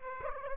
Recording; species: mosquito wingbeat signal from an infrared sensor; Aedes aegypti